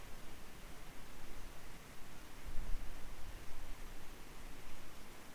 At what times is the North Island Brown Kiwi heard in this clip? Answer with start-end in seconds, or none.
none